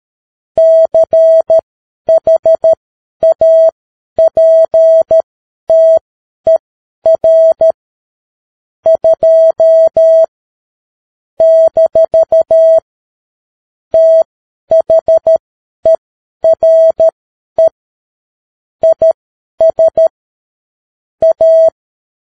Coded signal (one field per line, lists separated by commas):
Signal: Morse code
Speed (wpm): 13 wpm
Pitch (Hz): 650 Hz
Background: music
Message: CHAPTER 2 - THERE IS A